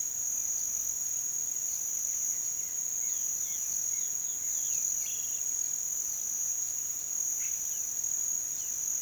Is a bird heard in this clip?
no